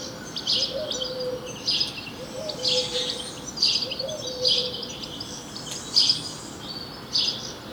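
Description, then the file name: House sparrow chirps in short, bright bursts, repeated roughly every second, with a faint low tonal sound running underneath. "Passer domesticus"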